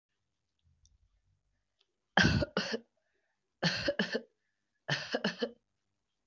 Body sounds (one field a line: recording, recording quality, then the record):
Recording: shallow voluntary cough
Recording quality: excellent, no background noise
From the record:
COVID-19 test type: RT-PCR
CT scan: not taken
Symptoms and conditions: cough, cold, sore throat, fatigue, muscle pain, loss of smell and taste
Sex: female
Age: 26 years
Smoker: no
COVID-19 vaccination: one dose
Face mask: worn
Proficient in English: yes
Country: India